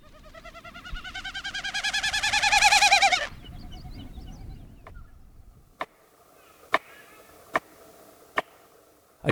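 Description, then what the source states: Wilson's Snipe winnowing, a rapid pulsing hoot that swells and rises in pitch for about three seconds, followed by sharp, evenly spaced wooden taps. Non-vocal sound made with wings and tail as air passes across the tail feathers; high-pitched winnowing.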